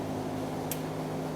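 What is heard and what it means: The electrical plug for the fuel pump on a 1995-2004 Toyota Tacoma is pushed onto the pump connector on top of the fuel tank, producing one short, sharp click at 0.7 s over a steady low hum. The connector is confirmed seated.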